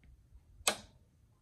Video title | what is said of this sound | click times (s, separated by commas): Performing Maintenance on my Brother 1055X and Brother PR670e Multi-needle Embroidery Machines | you go that's the snap now i know it's in there right | 0.7 s